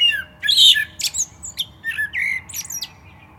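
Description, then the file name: Common blackbird singing loud, scratchy high twitters woven with mellow, down-slurred whistled notes. "Turdus merula"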